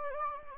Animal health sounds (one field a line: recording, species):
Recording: mosquito wingbeat signal from an infrared sensor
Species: Anopheles gambiae